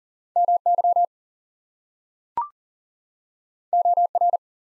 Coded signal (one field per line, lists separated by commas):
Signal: Morse code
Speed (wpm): 39 wpm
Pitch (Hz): 700 Hz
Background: none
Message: MY OR